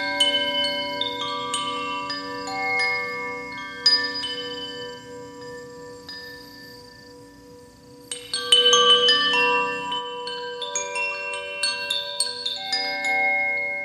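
Chimes and bells ring out in overlapping strikes, their bright tones hanging and slowly fading over a low, steady hum like a singing bowl. The ringing thins to near stillness around six to eight seconds, then a fresh cluster of struck chimes bursts in and keeps sparkling.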